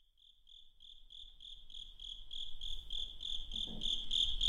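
Insect giving a rapid, even pulsed trill that starts quietly and grows louder. A low rumble builds underneath.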